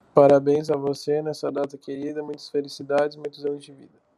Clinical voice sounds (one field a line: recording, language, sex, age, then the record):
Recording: short text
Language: Brazilian Portuguese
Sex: male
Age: 18 to 19 years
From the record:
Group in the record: control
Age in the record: 18 years